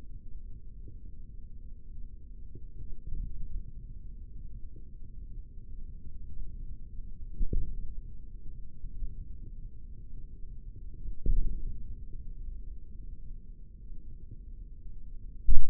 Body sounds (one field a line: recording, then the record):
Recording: forearm muscle sounds (acoustic myography)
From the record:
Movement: index flexion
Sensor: system 3, bracelet of six PUI Audio POM-2738L microphones around the upper forearm, with dedicated amplification and filtering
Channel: 6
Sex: male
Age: 56 years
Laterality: right